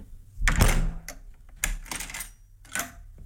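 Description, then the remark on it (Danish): A heavy, burglar-proof iron cabinet door shuts with a loud, resonant metallic thud, followed by two more lighter clunks and rattles spaced about a second apart. “Det er, jeg tror, det er jern. Jeg holder det. Det der, det er jern.”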